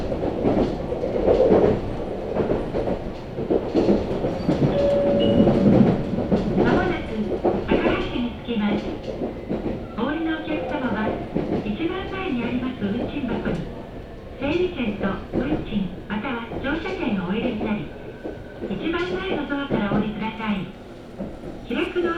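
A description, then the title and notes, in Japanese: Inside a moving train, wheels rumble and rattle steadily beneath voices talking, with brief squeals near five seconds and clatter throughout. 音の旅 佐世保線 有田→北方。普通列車鳥栖行きに乗車します。８１７系の２両編成で、日中駅員がいる駅は全てのドアが開きます。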